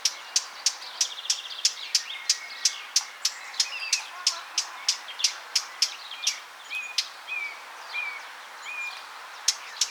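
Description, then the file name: Eurasian blackcap giving hard, clicking tack calls in a quick series, with soft squeaky warbled notes and whistles between them. "Sylvia atricapilla"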